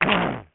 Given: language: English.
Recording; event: throat vibration sensor signal played as sound; throat clearing